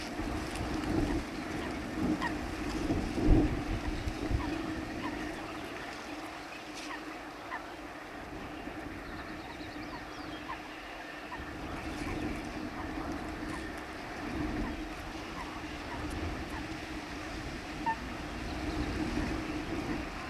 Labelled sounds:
Little Crake song
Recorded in the wild
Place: Breitenbrunn, AT
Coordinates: 47.9472, 16.7228
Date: 1972-05-10
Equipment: Uher Report 4200, AKG D190C in Doppel-Parabolreflektor
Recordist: Krey, Winfried

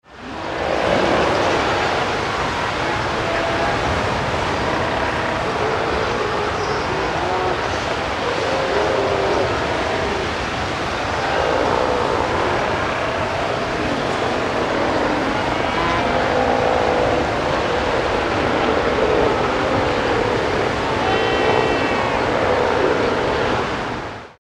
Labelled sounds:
Steller Sea Lion
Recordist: Frommolt, Karl-Heinz
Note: Kolonie von Nordischen Seelöwen und Bärenrobben

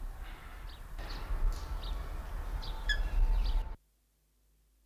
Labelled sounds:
Black Hawk-Eagle call
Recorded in captivity
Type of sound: call
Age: adult
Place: Tierpark Berlin, Berlin, DE
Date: 1992-10-31
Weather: heiter, 6°C
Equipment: Marantz CP 430, Sennheiser ME 80, Kopie Tesla B 116
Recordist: Tembrock, Günter
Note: 2 Kurzlaute (ca. 2 m)

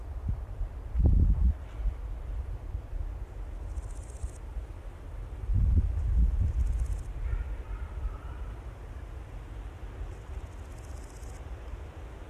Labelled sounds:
Large Gold Grasshopper stridulation
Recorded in the wild
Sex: male
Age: imago
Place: Strausberg, Annatal, Brandenburg, DE
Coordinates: 52.5533, 13.8808
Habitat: meadow
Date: 1989-08-12 16:18
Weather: sonnig; 28,5°C
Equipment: Riporter 6 RG-K, Sennheiser MKH 416 T, Kopie Uher Report Stereo IC
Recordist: Frommolt, Karl-Heinz
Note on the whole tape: Feuchte Wiese oberhalb des Herrensees: Gesang

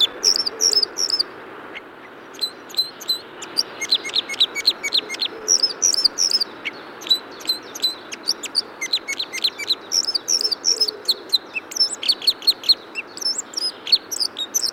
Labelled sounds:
Red Crossbill song
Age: adult
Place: Staphel, Insel Rügen, Mecklenburg-Vorpommern, DE
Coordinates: 54.483, 13.567
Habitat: Forest
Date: 1975-05-31
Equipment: Nagra III BH, Sennheiser MD 21, parabola
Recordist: Schubert, Michael

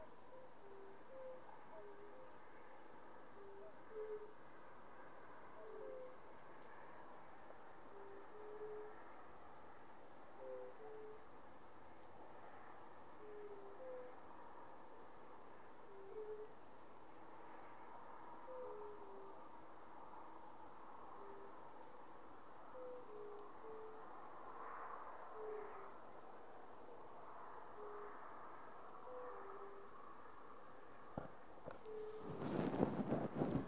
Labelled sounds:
Fire-Bellied Toad call
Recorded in the wild
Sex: male
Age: adult
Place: Bernau bei Berlin, Barnim, Brandenburg, DE
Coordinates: 52.6666, 13.6248
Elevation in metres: 85
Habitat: pond
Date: 2019-04-30 20:55
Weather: 15°C, clear, almost windless
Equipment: Zoom H4nSP
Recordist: Frommolt, Karl-Heinz

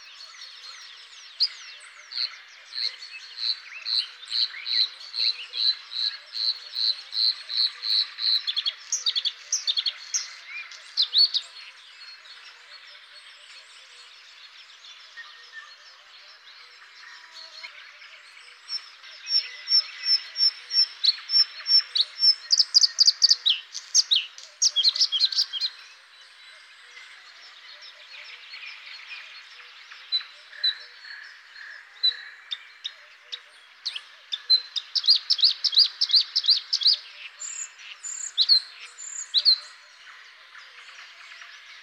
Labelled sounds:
Bluethroat song
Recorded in the wild
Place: Berezinsky, BY
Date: 2005-05-16
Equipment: Minidisc Sony MZ-R35, Telinga DAT, Telinga-Parabolspiegel
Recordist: Schwarz, Dieter
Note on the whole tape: Song

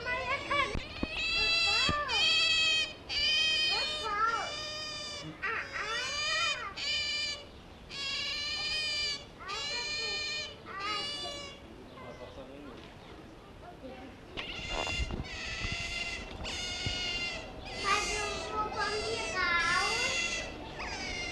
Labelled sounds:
European Otter call
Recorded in captivity
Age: adult
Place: Tierpark Berlin, Berlin, DE
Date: 1965-08-01
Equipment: Uher 4000 Report-S, Transistorverstärker, Sennheiser MD 421
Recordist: Tembrock, Günter
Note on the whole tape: Lautfolgen, dabei meist auf Hinterrückend "sitzend" und mit Vorderbein Analregion kratzend. Abstand 6 m. Die Zooaufnahmen wurden von 8.30 bis 11.15 Uhr gemacht

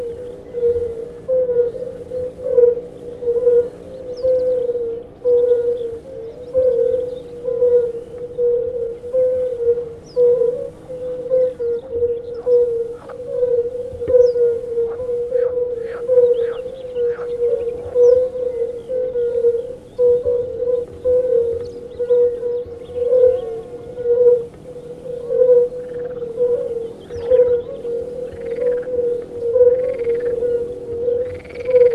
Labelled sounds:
Fire-Bellied Toad call
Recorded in the wild
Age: adult
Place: Grieben, Brandenburg, DE
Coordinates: 52.8611, 13.1972
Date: 1963-06-13 19:30
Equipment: R 20, Vollspur, Transistorverstärker
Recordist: Tembrock, Günter

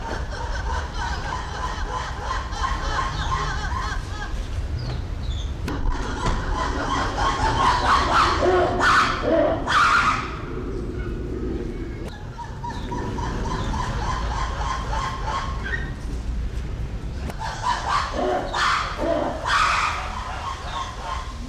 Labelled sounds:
Weeper Capuchin
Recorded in captivity
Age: adult
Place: Zoo Berlin, Berlin, DE
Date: 1994-09-10 10:50
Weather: bedeckt, 15°C, z.T. Regen
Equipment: Marantz CP 430, Sennheiser ME 80, Kopie Uher Variocord 263
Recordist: Tembrock, Günter

